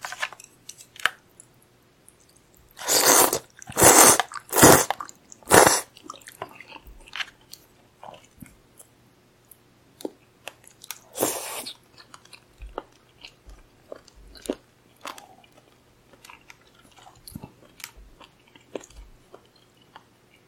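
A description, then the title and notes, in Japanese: Someone eating soba noodles, with a cluster of loud, sharp slurps between about three and six seconds and another at eleven seconds. In between come softer, scattered chewing and mouth clicks, irregular and fairly sparse, over a faint steady low hum. 咀嚼音 蕎麦を食べる音。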